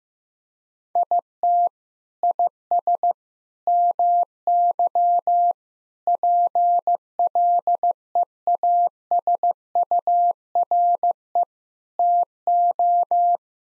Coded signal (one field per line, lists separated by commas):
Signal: Morse code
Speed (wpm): 15 wpm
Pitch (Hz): 700 Hz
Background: none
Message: IT IS MY PLEASURE TO